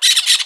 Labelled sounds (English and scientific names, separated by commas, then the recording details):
Brown-throated Parakeet (Eupsittula pertinax) contact call
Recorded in Aruba